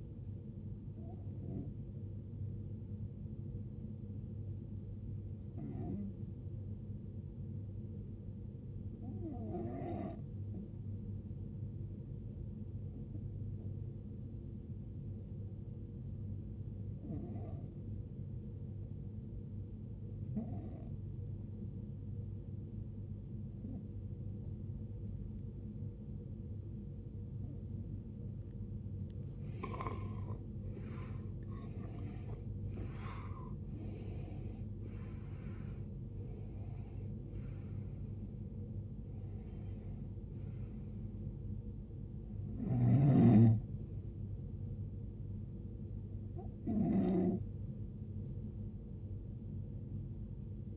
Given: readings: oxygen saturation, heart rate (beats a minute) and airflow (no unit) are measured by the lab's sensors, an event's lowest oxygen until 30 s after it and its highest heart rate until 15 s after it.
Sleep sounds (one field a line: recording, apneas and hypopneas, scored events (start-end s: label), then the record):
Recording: breathing in sleep by a smartphone at the bedside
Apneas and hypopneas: 1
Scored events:
4.00-30.60 s: hypopnea (N1, oxygen 94% highest, then 85% lowest, heart rate 56 at the start, 74 highest)
14.00-50.77 s: new sleep stage, N2 (light sleep)
From the record:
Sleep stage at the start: N1 (lightest sleep)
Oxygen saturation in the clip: 86 to 94%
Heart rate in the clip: 51 to 74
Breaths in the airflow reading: 10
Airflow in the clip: -17.3 to 17.8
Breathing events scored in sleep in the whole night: 389 in 6.3 hours asleep